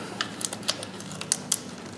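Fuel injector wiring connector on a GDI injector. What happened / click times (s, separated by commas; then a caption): The plastic connectors unclipped / 0.2 s, 0.7 s, 1.3 s, 1.5 s. Three plastic electrical connectors are unclipped from the GDI fuel injectors of a Honda Earth Dreams 3.5 engine: the release tab on the bottom of each connector is pressed and the connector is pulled off its injector. Sharp clicks are heard as the tabs let go at 0.2, 0.7, 1.3 and 1.5 seconds, with another light tick near 0.5 seconds. The three connectors end up released and unplugged.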